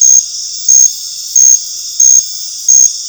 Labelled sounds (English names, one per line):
none